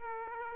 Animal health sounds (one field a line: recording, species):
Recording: mosquito wingbeat signal from an infrared sensor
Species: Aedes aegypti